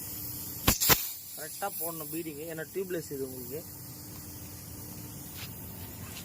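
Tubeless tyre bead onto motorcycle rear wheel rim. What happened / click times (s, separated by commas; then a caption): Tubeless tyre bead pops onto rim / 0.7 s. An MRF tubeless tyre is inflated onto the rear wheel rim of a Honda CD 110 motorcycle during fitting. Its bead snaps onto the rim with one sharp pop at 0.7 s, followed by a second burst just after, over a steady background hiss. Someone then talks, and the bead is seated.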